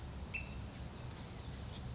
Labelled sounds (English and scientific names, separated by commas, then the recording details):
Blue-gray Gnatcatcher (Polioptila caerulea)
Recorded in Sonoma County, California